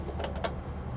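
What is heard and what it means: The latch on the back side of a manual wheelchair ramp, in the rear entry of a 2026 Chrysler Pacifica ATS conversion minivan, is pulled back by hand. Two short, sharp handling knocks land at about 0.2 s and 0.4 s over a steady low rumble. The ramp has not locked into place yet; nothing has seated or clicked.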